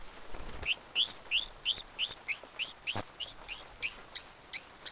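Bird calls, a steady run of over a dozen loud, high downward-sweeping notes, evenly spaced at about three a second.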